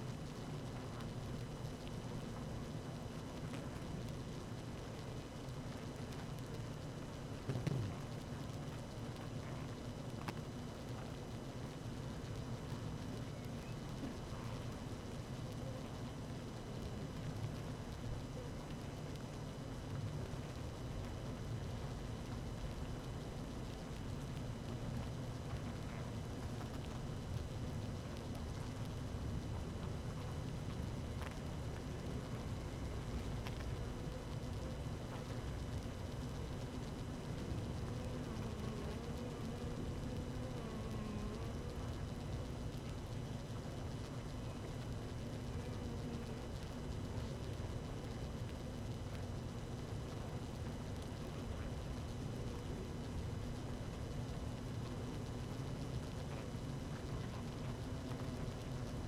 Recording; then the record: honeybee colony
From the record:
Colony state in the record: active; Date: 12 June 2018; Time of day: 17:41